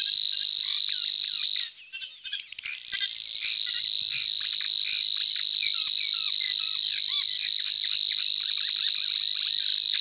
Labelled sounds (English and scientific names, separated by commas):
Savi's Warbler (Locustella luscinioides) song